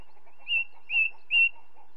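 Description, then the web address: Ring ouzel giving three drawn-out piping notes, evenly spaced about half a second apart. "BBC Sound Effects Library. Ring Ouzel"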